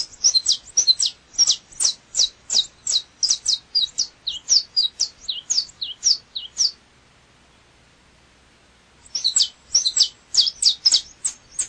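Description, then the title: Double-collared seedeater singing a fast series of high, clipped chirps and twitters, pausing briefly before resuming the rapid phrase. "Canto Coleiro"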